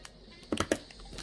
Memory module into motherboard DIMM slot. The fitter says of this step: Okay, and then push down, you hear a click.